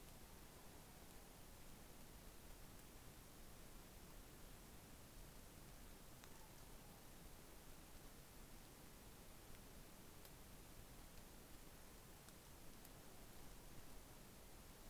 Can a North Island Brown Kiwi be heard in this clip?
no